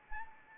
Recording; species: mosquito wingbeat signal from an infrared sensor; Anopheles arabiensis